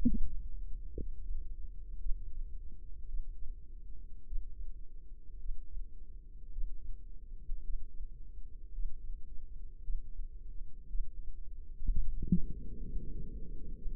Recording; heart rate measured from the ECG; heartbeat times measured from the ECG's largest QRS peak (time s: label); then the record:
heart sounds by microphone in the left ear; 56 bpm
0.98 s: heartbeat
1.99 s: heartbeat
3.07 s: heartbeat
4.26 s: heartbeat
5.39 s: heartbeat
6.51 s: heartbeat
7.63 s: heartbeat
8.73 s: heartbeat
9.82 s: heartbeat
10.88 s: heartbeat
11.91 s: heartbeat
12.88 s: heartbeat
13.77 s: heartbeat
From the record:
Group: healthy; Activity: breath hold 0-12 s, rest 12-14 s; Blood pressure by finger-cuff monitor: 94/62 mmHg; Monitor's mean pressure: 70 mmHg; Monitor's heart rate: 56 bpm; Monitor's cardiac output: 4.4 L/min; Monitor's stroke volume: 79 mL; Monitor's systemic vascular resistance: 1140 dyn s/cm5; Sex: female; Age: 28 years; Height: 170 cm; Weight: 77 kg